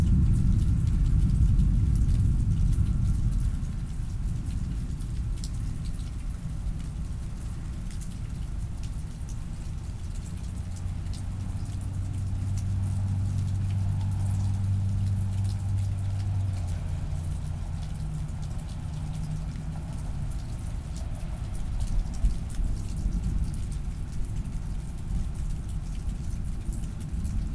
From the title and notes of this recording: October Thunderstorm in Midland. Here’s a welcome thunderstorm recorded from my Dad’s front porch in Midland, Texas this October. Recorded at 96kHz on my personal Zoom F6 via a matched pair of Clipply EM272s on my travel stereo bar.